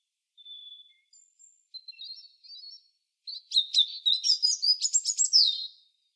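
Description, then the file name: European robin song opening with a long thin whistle and soft notes, then breaking into a rapid, sparkling, jumbled trill that falls at the end. "Erithacus rubecula"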